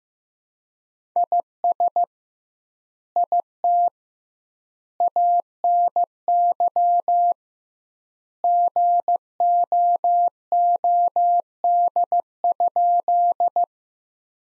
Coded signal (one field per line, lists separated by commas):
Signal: Morse code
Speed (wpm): 15 wpm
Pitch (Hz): 700 Hz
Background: none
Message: IS IT ANY GOOD?